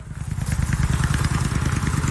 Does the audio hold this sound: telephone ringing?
no